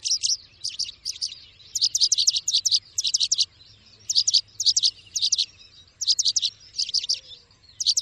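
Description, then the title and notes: Bird singing bright, high chirping notes grouped in fast bursts, each burst followed by a short gap. Bird ringtone, described as having a melodious voice. "Burung Dengan Suara Merdu"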